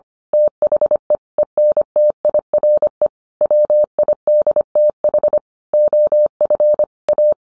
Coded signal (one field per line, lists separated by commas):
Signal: Morse code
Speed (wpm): 25 wpm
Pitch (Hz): 600 Hz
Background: none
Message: THE ENTIRE WIDTH OF A